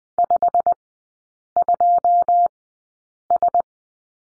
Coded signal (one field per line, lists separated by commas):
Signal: Morse code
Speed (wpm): 20 wpm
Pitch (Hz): 700 Hz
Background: none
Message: 52S